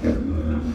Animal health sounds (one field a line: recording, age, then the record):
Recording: pig call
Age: growing-finishing pig (85 days or more)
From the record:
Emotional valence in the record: negative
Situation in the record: barren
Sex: female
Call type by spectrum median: low-frequency call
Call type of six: low-frequency modulated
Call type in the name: low-frequency modulated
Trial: 3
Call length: 0.75 s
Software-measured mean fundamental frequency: 56 Hz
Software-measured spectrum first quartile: 95 Hz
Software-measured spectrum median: 216 Hz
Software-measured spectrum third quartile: 349 Hz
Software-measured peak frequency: 239 Hz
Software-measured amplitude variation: 136 dB a second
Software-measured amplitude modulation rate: 24.6 a second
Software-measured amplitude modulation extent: 5.5 dB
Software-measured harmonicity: 1.0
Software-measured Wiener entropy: -0.94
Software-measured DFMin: 1036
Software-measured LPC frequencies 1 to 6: 337, 1440, 2210, 3404, 4249, 4839 Hz